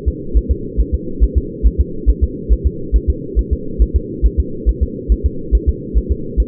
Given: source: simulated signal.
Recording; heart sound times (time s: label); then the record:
fetal heart sounds
0.08 s: S2
0.37 s: S1
0.51 s: S2
0.80 s: S1
0.94 s: S2
1.23 s: S1
1.38 s: S2
1.67 s: S1
1.81 s: S2
2.10 s: S1
2.24 s: S2
2.53 s: S1
2.67 s: S2
2.96 s: S1
3.10 s: S2
3.39 s: S1
3.53 s: S2
3.82 s: S1
3.96 s: S2
4.26 s: S1
4.40 s: S2
4.69 s: S1
4.83 s: S2
5.12 s: S1
5.26 s: S2
5.55 s: S1
5.69 s: S2
5.98 s: S1
6.11 s: S2
6.40 s: S1
From the record:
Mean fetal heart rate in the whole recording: 140 bpm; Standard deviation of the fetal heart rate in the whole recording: 2 bpm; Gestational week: 34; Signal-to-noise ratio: -4.3 dB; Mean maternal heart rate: 72 bpm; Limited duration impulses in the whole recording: absent